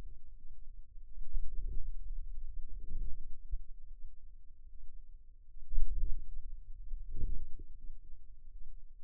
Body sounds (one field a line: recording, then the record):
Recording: forearm muscle sounds (acoustic myography)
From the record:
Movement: hand closing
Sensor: system 2, bracelet of six BSWA MPA416 microphones around the upper forearm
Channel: 6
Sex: female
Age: 23 years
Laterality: right